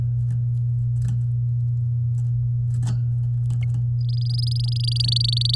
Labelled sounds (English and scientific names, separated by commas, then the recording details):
Domestic Canary (Serinus canaria) song
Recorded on 8 May 2018 at 15:41
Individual llb16